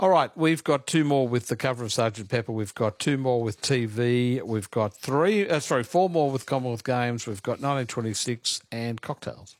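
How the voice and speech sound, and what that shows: Clear, fluent adult male speech at an even conversational pace, reading out quiz categories; normal voice.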